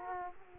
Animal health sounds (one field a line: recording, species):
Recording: mosquito wingbeat signal from an infrared sensor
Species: Aedes aegypti